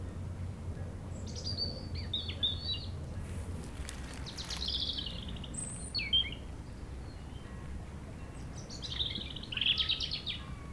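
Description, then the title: European robin giving scattered high warbled phrases and brief trills over a low rumble of wind. Sunny sloping lawn by the beach in Chindrieux, France, sheltered from the north wind; robin singing not far off, with wind murmuring in the trees. "Chem. des Rubellines, Chindrieux, France - rouge gorge"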